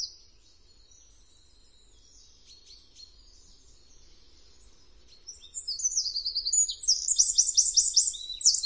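Eurasian wren song starting after a quiet stretch of faint chirps, then a loud, rapid, high trilling phrase over the last few seconds.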